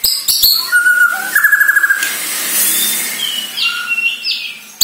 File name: Sara Pancingan Murai Batu Borneo Agar Gacor Dor